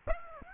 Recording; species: mosquito wingbeat signal from an infrared sensor; Aedes aegypti